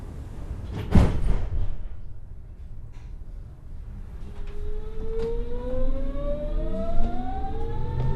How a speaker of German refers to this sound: Hey, wo sind wir? In der Berliner S-Bahn.